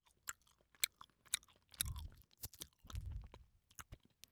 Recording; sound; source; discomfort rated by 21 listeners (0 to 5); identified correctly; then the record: sound for misophonia research; chewing gum; oral or nasal; mean 3.29, standard deviation 1.76; in 42 of 42 trials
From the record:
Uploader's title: Chewing Gum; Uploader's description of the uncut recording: A short chewing gum sound popping.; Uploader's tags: poping, gum, pop, chewing, bubble